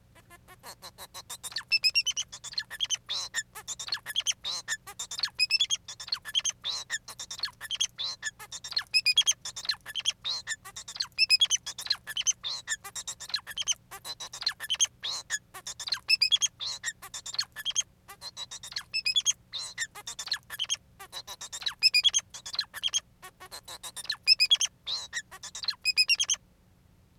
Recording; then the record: song of a male Bengalese finch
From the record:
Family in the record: son of father 4